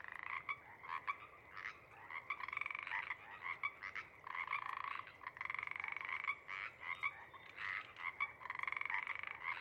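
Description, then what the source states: Pacific Chorus Frogs calling, overlapping raspy pulsed croaks nearly continuous throughout, with brief pauses. Pod calling around sunset as more frogs come up from overnight burrows to join; cree-eek and ribbit calls; night of April 21-22, 2019, Sinlahekin Valley.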